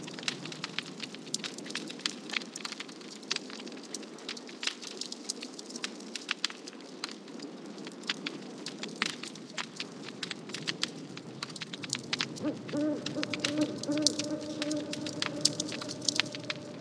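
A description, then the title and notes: A campfire crackles with dense, irregular pops over a low rumble, and a steady low tone joins in after about twelve seconds. 120 Campfire Minutes At Jaques' Twin Peaks Cabin. Campfire ambience with the twin peaks vibe.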